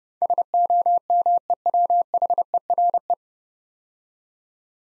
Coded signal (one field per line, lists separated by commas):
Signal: Morse code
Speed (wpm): 30 wpm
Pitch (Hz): 700 Hz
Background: none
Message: SOMEWHERE